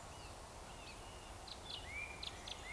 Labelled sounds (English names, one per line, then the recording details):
Eurasian Woodcock whistle
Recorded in Baden-Württemberg, Germany, on 15 June 2020 at 02:33 UTC
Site 43791, 788 m above sea level